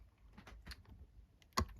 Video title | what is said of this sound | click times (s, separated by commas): Let’s get the Hornby class 20 sorted | So just gently press down the motor and this side of it will snap into place first, and then this side will. | 0.7 s, 1.6 s